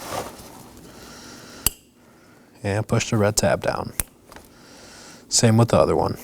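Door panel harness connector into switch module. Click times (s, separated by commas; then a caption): 1.7 s. A door panel harness connector on a 2018-2024 Chevrolet Equinox is pushed into the switch module and its red locking tab is pushed down, giving a sharp click at 1.7 s. The connector and red lock tab are seated. Someone talks afterward.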